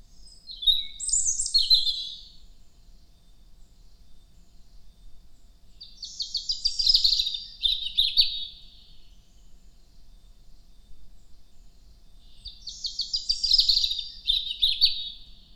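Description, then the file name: European robin singing: three short bursts of high, thin warbling and trilling phrases separated by longer pauses; faint low rumble throughout. "Rotkehlchen"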